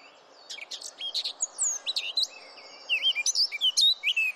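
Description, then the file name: Eurasian blackcap song: scratchy opening notes give way to clear, fluty whistled phrases, some rising and falling, over a faint background hiss. "Sylvia atricapilla"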